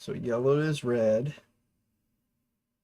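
A small plastic wire connector for the yellow/red positive lead is handled near its mating socket while wiring a hotend swap on an Ender 3 3D printer. Someone talks for about 1.5 seconds, then the clip goes silent. Nothing has seated or clicked yet.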